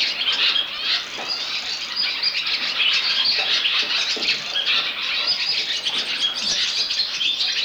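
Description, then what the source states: Barn Swallow giving a lively, unbroken twitter of high, scratchy and warbling notes. Sweden.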